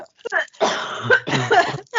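An adult woman who is still sick coughs: two brief coughs, then two longer strained, voiced coughing bouts, like choking on saliva with a sore throat.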